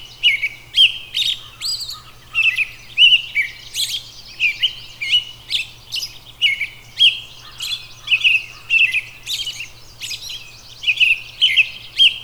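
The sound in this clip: Robin singing a continuous stream of quick, high twittering notes and warbles in short repeated bursts, a low hum underneath throughout.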